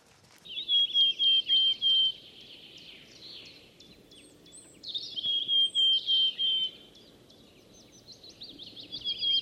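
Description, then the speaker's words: Willow Tit song, repeated thin high notes in short bursts, two clear phrases and the start of a third, with other bird calls and a steady low background hum. Song rather than call, recorded with a proper microphone in spring in the Sobibór Forests, Poland; wet alder carr, swampy birch woods and bogs. "Nie głos cikadi, tylko śpiew. Śpiew czarnogłówki bardzo mnie cieszy."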